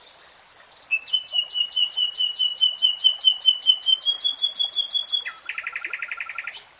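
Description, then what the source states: Nightingale song: a long, slowly rising whistle under rapid repeated high pulses, ending in a quick lower rattling series. Nightingale singing in real time.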